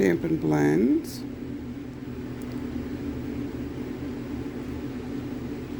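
Someone talks briefly while handling the plastic cap of an alcohol marker near its paintbrush end, followed by a steady low hum. The cap is about to be pushed back on, but nothing has seated or clicked yet.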